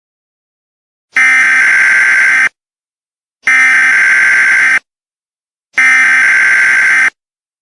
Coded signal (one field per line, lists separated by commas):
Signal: Emergency Alert System (SAME) tones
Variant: header bursts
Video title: EAS SCENARIO: ZOMBIE APOCALYPSE PART 1